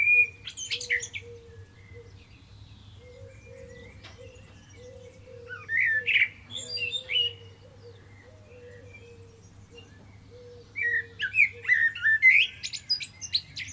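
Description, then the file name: Common blackbird giving short warbled song phrases with squeaky high twitters at the start, middle and end, separated by long pauses over a steady low hum. "Turdus merula"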